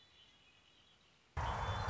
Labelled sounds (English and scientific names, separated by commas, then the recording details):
Red-winged Blackbird (Agelaius phoeniceus)
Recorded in Sonoma County, California